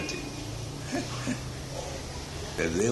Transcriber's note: laughs